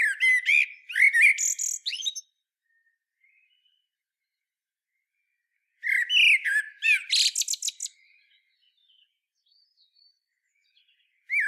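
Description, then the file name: Common blackbird song in two phrases several seconds apart, each a mellow whistled opening followed by a burst of high squeaky twittering. "Turdus merula"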